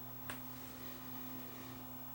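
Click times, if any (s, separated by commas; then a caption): 0.3 s. A small part is pushed into position in the tape transport mechanism of a Sony EV-C3 8mm VCR during reassembly, giving a single sharp click at 0.3 s over a steady low hum. The part locks into place and no longer turns easily.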